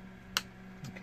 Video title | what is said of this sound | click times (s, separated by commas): T450 Laptop Keyboard Change | you can hear the click there. | 0.4 s